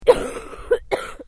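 A strong cough from an adult woman, acted as a sound effect: a loud burst with a sharp onset, followed by two shorter, weaker coughs.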